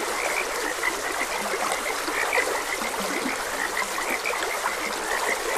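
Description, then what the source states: Several frogs producing brief croaks and chirps one after another, a busy chorus over the hiss of moving water. Frogs croaking beside a gentle stream.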